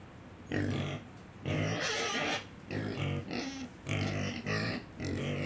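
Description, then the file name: Domestic pig breathing heavily in loud, rasping, noisy breaths with low grunting undertones, repeated several times. "Porcos respiracao com grilo longe"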